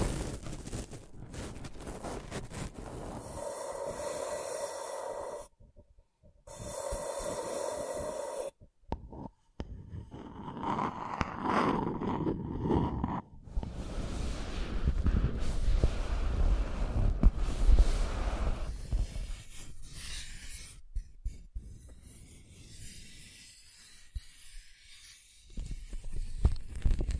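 Scratching and tracing sounds, rough and hissy, come in uneven strokes that swell and fade over the clip. The first third is bright and gritty, broken by two short silences near six and nine seconds. The later strokes sound duller and softer, with low rumbles beneath.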